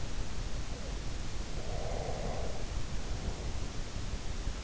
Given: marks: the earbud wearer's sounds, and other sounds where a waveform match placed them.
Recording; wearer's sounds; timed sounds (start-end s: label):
sounds in sleep by an in-ear microphone; breath
1.62-3.53 s: breath